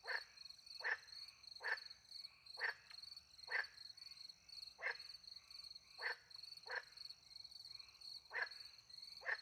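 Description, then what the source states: Repeated short frog croaks, fairly evenly spaced with a few gaps, while crickets trill steadily in the background. Frogs with crickets at night in the countryside by a little pond, France; microphones hidden in a tree near the pond; two Usi pro microphones into a Mixpre 10 II recorder.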